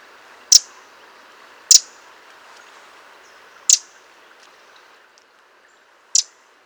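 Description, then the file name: Eurasian wren calls: four hard, dry ticks, each sharp and brief, spaced irregularly over a faint hiss. "Troglodytes troglodytes"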